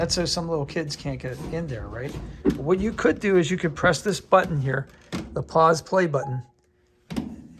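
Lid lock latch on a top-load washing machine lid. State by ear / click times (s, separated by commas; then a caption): released / 7.1 s. A person talks while pressing the pause/play button on a Cabrio top-load washing machine mid-cycle. After a short quiet pause, the lid lock latch disengages with a sharp click at 7.1 s, releasing the lid so it can be opened.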